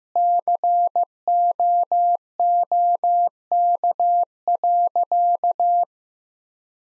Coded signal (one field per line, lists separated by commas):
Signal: Morse code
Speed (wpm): 15 wpm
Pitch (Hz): 700 Hz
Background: none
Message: COOK.